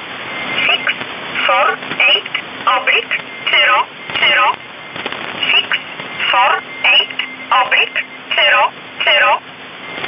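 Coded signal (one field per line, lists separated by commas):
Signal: numbers station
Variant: E11 Oblique, English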